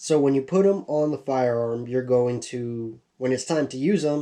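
A Feyachi flip-up iron sight, which is not spring-loaded, is handled on its rail mount and is meant to be pushed up by hand until it locks upright. Someone talks throughout these 4.3 seconds, with a short pause near 3.0 seconds. Nothing has seated or clicked yet.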